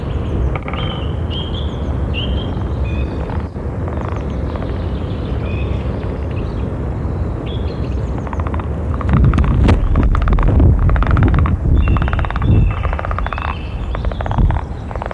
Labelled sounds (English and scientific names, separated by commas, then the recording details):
Common Frog (Rana temporaria) call
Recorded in the wild
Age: adult
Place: Malchower Aue, Berlin, DE
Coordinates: 52.5808, 13.4886
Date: 1990-04-01 18:27
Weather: Wassertemperatur: 15,5°C
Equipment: Riporter 6 RG-K, Halbspur, Sennheiser MKH 416 T
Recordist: Frommolt, Karl-Heinz